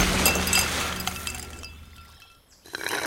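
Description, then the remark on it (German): Ice cubes clink and rattle into a glass of lemonade: a cluster of bright, sharp chinks at the start that thin out and fade, then a brief burst of clatter right at the end. “Willst du noch mehr Eiswürfel”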